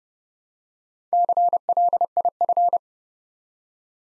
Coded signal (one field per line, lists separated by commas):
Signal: Morse code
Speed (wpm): 30 wpm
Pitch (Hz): 700 Hz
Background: none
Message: CLIF